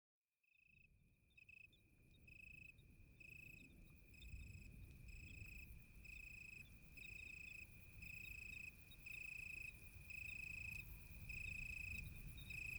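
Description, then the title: Italian tree cricket song fading in after a short silence, a pulsing trill in quick bursts with tiny breaks, over a deep rumble. Moonless, pitch-dark night during a thunderstorm with occasional lightning. "naturophonie. Un grillon sous l'orage"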